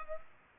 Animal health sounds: mosquito wingbeat signal from an infrared sensor; Culex pipiens

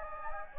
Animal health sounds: mosquito wingbeat signal from an infrared sensor; Anopheles gambiae

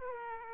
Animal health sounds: mosquito wingbeat signal from an infrared sensor; Aedes aegypti

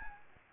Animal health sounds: mosquito wingbeat signal from an infrared sensor; Aedes aegypti

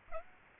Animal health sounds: mosquito wingbeat signal from an infrared sensor; Aedes aegypti

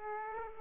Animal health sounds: mosquito wingbeat signal from an infrared sensor; Aedes aegypti

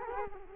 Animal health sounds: mosquito wingbeat signal from an infrared sensor; Culex quinquefasciatus

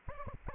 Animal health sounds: mosquito wingbeat signal from an infrared sensor; Anopheles arabiensis

